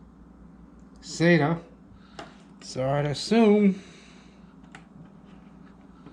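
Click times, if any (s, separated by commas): none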